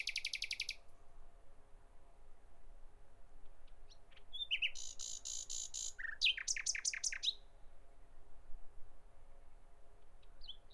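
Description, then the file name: Common nightingale song: a loud pulsed burst, then a pause, then buzzy rattles and a run of rapid notes. "Nachtigall"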